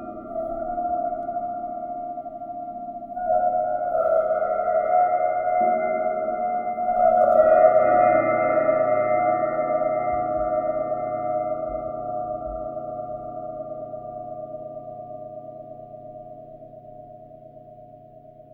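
Crystal bowls ring in long, steady overlapping tones, with new notes joining around three and five seconds and swelling to a peak near seven seconds. The layered ringing then fades slowly to the end over a soft low hum.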